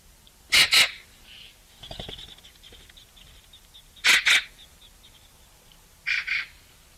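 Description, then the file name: Eurasian magpie giving paired harsh, rasping notes three times, with softer chattering and rustling between the pairs. "Pica pica"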